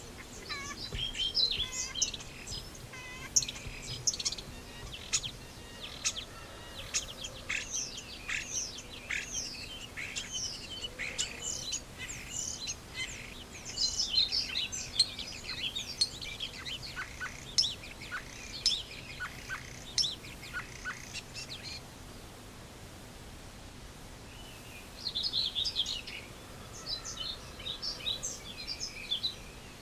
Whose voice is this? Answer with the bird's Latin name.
Sturnus vulgaris